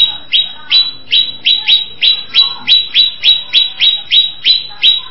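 Greater Green Leafbird song: a steady series of bright, downslurred whistled notes, roughly three per second, each starting high and dropping sharply, continuing evenly throughout.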